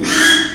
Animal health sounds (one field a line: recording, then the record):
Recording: squeal of a Yucatan mini pig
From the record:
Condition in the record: after surgery on the right vocal fold (resection and tissue-engineered implant)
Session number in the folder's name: 3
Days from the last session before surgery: 33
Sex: male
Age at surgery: 12 weeks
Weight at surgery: 13 kg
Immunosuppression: cyclosporine, prednisolone